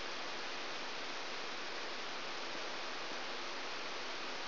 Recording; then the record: brain microelectrode recording played as sound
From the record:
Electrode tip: outside the subthalamic nucleus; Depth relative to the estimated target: -6 mm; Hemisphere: right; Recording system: AlphaMap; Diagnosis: Parkinson's disease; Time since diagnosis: 12 years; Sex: female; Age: 56 years